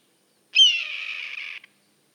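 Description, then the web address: Red-tailed hawk giving a single hoarse, raspy scream of about one second, sharp at the start and then held with a slight downward slur. "sound red-tailed-hawk. صدای-عقاب-دم-قرمز"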